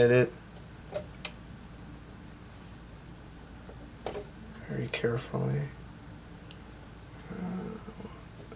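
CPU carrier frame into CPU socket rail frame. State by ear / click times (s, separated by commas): not seated / none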